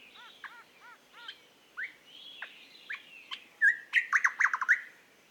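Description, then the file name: Eastern nicator with an explosive series of rich, bubbling notes near the end, after softer repeated arched chirps and whistles. "British Library - Eastern Nicator Nicator gularis"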